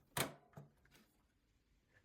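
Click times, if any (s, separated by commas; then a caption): 0.2 s. A black print head is glided into the carriage of an HP Smart Tank 5103 printer and pushed with a thumb until it seats with a sharp click at 0.2 s. A softer second click follows around 0.6 s, then faint low handling noise continues to the end.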